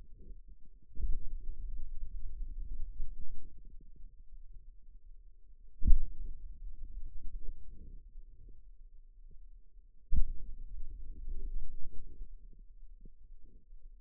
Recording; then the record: forearm muscle sounds (acoustic myography)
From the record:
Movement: pen grasping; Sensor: system 2, bracelet of six BSWA MPA416 microphones around the upper forearm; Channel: 5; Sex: male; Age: 22 years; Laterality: right